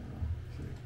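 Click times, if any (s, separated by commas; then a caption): none. A threaded adjustment piece is tried in its mount on a Wen 3421 wood lathe during assembly, and it will not go in that way or lock in. Only a low, steady hum with a slight swell near 0.2–0.3 s is heard, and nothing has seated or clicked yet.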